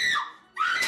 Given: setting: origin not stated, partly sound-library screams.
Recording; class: one-second piece from a danger detection set; woman in danger